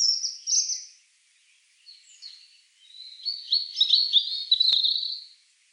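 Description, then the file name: European robin song: a short high whistled phrase, a faint note, then a longer tinkling, trilled warble with one sharp click partway through. "Erithacus rubecula"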